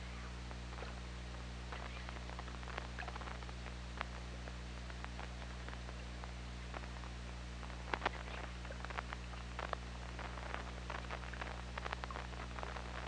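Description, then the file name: Killer whale echolocation clicks, scattered then denser in later bursts, over a continuous low hum and background hiss. Recorded on the OrcaLab hydrophone on 24 August 2017 at 21:28. "Orca Lab UTLN JASON 20170824 212838"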